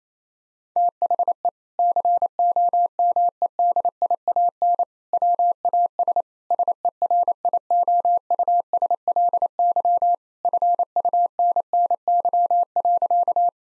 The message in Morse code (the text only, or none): THE COMEDIAN WAS SERIOUSLY FUNNY.